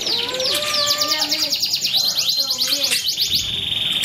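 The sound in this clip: Bird song: a dense, high-pitched stream of rapid trilled notes with sweeping whistles, and a lower warbling line beneath.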